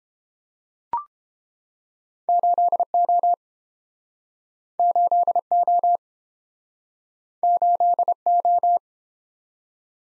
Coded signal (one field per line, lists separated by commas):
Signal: Morse code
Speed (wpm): 30 wpm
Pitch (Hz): 700 Hz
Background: none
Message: 8O 8O 8O